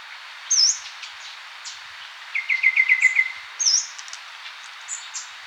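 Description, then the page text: Golden babbler singing a rapid series of piping notes at a steady pitch, with sharp high downslurred whistles before and after. "Golden Babbler Song. Quick Sounds"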